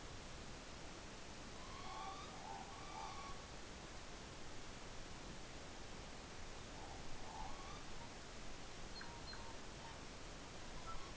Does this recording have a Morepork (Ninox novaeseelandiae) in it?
yes